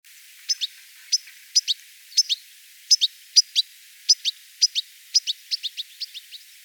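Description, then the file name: European goldfinch calls: bright, high twittering notes mostly in close pairs, repeated roughly every half second to second, softening toward the end, in a quiet background. "Carduelis carduelis"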